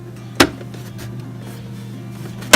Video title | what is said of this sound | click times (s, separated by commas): Tower Fan Cleaning And Reassembling | you hear the click son you've | 0.4 s, 2.5 s